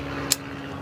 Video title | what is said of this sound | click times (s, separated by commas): How To Clean your UPR Catch Can! | nice satisfying click as Doug would say | 0.3 s